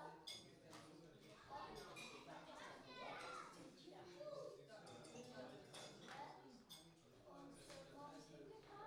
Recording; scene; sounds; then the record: everyday scene through a hearing-aid microphone; many people talking; many voices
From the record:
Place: parish hall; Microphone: in the ear canal, right